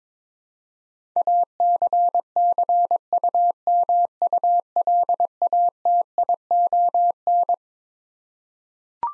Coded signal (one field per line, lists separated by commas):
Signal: Morse code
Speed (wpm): 22 wpm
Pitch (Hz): 700 Hz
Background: none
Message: ACCUMULATION